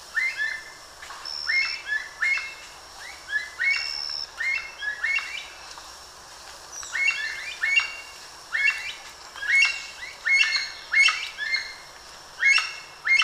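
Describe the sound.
Aracari giving harsh, clipped calls in quick clusters, repeated throughout, with a thin high tone at times in the background.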